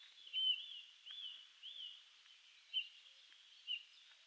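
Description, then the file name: Eurasian bullfinch calls: several brief, soft piped notes over steady background noise. "Pyrrhula pyrrhula"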